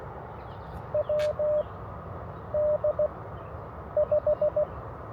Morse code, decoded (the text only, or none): W D 5